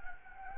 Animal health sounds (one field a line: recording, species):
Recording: mosquito wingbeat signal from an infrared sensor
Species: Anopheles gambiae